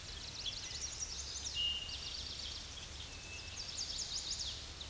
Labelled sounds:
Chestnut-sided Warbler (Setophaga pensylvanica) song
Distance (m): 45 m
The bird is about 5 m above the microphone
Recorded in a Pennsylvania forest on 16 May 2024 at 07:43
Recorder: AudioMoth, point MSD-2163
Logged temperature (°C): 16.1 °C
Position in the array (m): 171 m, 175 m

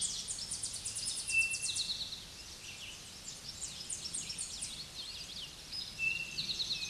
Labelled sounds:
Tennessee Warbler (Leiothlypis peregrina) song
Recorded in a Pennsylvania forest on 16 May 2024 at 07:50
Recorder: AudioMoth, point MSD-0178
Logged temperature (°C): 15.3 °C
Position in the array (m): 80 m, 73 m

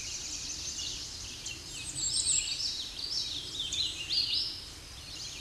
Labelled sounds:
Hooded Warbler (Setophaga citrina) song
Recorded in a Pennsylvania forest on 16 May 2024 at 07:36
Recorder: AudioMoth, point MSD-1293
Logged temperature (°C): 12.0 °C
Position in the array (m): 31 m, 153 m

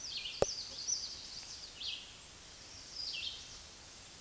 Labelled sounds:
Red-eyed Vireo (Vireo olivaceus) song
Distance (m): 25 m
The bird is about 5 m above the microphone
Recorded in a Pennsylvania forest on 16 May 2024 at 09:09
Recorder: AudioMoth, point MSD-2083
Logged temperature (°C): 16.7 °C
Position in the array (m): 147 m, 45 m

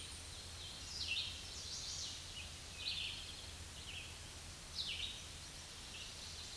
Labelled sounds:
Red-eyed Vireo (Vireo olivaceus) song
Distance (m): 20 m
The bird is about 10 m above the microphone
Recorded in a Pennsylvania forest on 16 May 2024 at 07:18
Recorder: AudioMoth, point MSD-0192
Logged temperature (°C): 16.0 °C
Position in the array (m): 157 m, 66 m

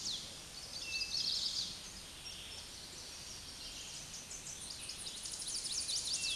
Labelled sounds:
Tennessee Warbler (Leiothlypis peregrina) song
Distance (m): 50 m
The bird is about 15 m above the microphone
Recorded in a Pennsylvania forest on 16 May 2024 at 08:57
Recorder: AudioMoth, point MSD-2306
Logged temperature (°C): 15.6 °C
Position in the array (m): 8 m, 73 m

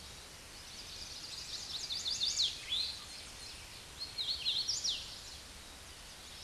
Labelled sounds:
Eastern Towhee (Pipilo erythrophthalmus) song
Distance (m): 20 m
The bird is about 5 m above the microphone
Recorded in a Pennsylvania forest on 16 May 2024 at 09:34
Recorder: AudioMoth, point MSD-2258
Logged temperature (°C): 15.2 °C
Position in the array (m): 166 m, 66 m

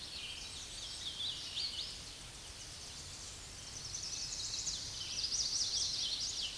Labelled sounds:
Hooded Warbler (Setophaga citrina) song
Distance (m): 70 m
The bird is about 5 m above the microphone
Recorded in a Pennsylvania forest on 16 May 2024 at 09:41
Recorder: AudioMoth, point MSD-2040
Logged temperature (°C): 15.3 °C
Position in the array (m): 26 m, 150 m

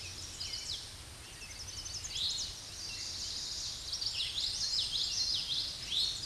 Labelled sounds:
Common Yellowthroat (Geothlypis trichas) song
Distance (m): 20 m
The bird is about level with the microphone
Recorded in a Pennsylvania forest on 16 May 2024 at 07:59
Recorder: AudioMoth, point MSD-2320
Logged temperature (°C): 12.8 °C
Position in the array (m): 230 m, 181 m

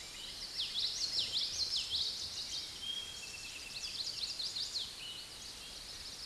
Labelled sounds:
Common Yellowthroat (Geothlypis trichas) song
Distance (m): 20 m
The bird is about level with the microphone
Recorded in a Pennsylvania forest on 16 May 2024 at 06:29
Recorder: AudioMoth, point MSD-1418
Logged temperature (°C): 16.4 °C
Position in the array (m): 231 m, 181 m

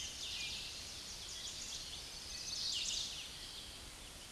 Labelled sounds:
Chestnut-sided Warbler (Setophaga pensylvanica) song
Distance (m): 40 m
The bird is about level with the microphone
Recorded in a Pennsylvania forest on 16 May 2024 at 07:22
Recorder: AudioMoth, point MSD-2306
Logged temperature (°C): 15.6 °C
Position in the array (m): 89 m, 68 m

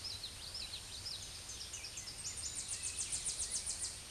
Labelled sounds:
Tennessee Warbler (Leiothlypis peregrina) song
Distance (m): 30 m
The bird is about 10 m above the microphone
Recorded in a Pennsylvania forest on 16 May 2024 at 07:08
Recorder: AudioMoth, point MSD-0665
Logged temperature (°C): 16.1 °C
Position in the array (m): 70 m, 62 m

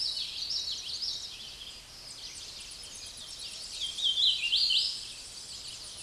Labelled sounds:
Hooded Warbler (Setophaga citrina) song
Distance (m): 10 m
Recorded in a Pennsylvania forest on 16 May 2024 at 08:31
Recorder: AudioMoth, point MSD-0215
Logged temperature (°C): 16.1 °C
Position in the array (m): 43 m, 129 m

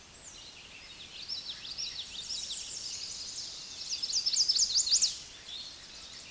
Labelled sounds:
Common Yellowthroat (Geothlypis trichas) song
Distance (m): 40 m
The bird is about level with the microphone
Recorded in a Pennsylvania forest on 16 May 2024 at 06:29
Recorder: AudioMoth, point MSD-2478
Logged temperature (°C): 15.6 °C
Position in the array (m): 57 m, 154 m

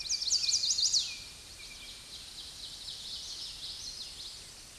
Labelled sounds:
Common Yellowthroat (Geothlypis trichas) song
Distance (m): 40 m
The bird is about 5 m below the microphone
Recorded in a Pennsylvania forest on 16 May 2024 at 07:34
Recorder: AudioMoth, point MSD-2257
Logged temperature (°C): 16.0 °C
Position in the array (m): 224 m, 182 m

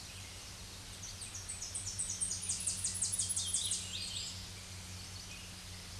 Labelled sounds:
Tennessee Warbler (Leiothlypis peregrina) song
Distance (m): 10 m
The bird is about 10 m above the microphone
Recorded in a Pennsylvania forest on 16 May 2024 at 07:57
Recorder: AudioMoth, point MSD-2107
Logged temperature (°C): 16.1 °C
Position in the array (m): 31 m, 128 m

